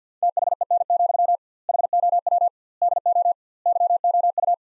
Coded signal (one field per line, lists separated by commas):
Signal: Morse code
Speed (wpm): 50 wpm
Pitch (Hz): 700 Hz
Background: none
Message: THEN, HOW DO YOU